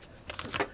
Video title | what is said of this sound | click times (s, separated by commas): 3 Mechanic Secrets I Have to Tell You Before I Retire | make all the snaps click | 0.3 s, 0.4 s, 0.6 s